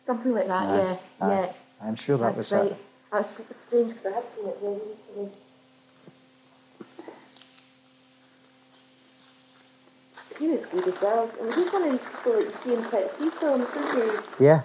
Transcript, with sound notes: Something like that, yeah.
Aye, aye, I'm sure that was it.
That's right. It's strange, 'cause I had seen it very recently-- [pause] he was good as well. He's one of these people that you see in quite a few films, isn't he?